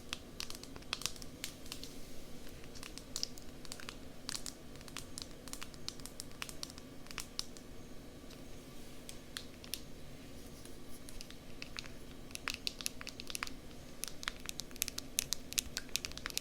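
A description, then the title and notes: Ear tapping and scratching: a stream of quick, crisp scratchy taps and crinkles, thick at the start, thinning out in the middle, then busier again from about twelve seconds on. Under it runs a steady low hum. Ear Tapping & Scratching.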